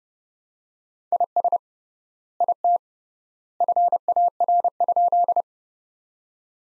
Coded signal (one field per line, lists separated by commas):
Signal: Morse code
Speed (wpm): 30 wpm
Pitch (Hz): 700 Hz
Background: none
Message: IS IT FAR?